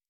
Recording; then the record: hydrophone in a shrimp aquaculture tank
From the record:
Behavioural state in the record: normal